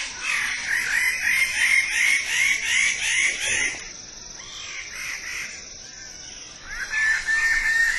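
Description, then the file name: Wallace's standardwing calling in a loud, steady stream of harsh repeated notes for several seconds, pausing, then resuming, with insects droning high. "suara burung bidadari"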